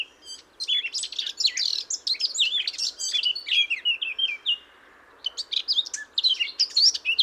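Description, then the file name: Eurasian blackcap pouring out a quick warbling phrase of slurred, wavering notes, falling silent for a moment, then resuming with sharp, high chips. "Sylvia atricapilla"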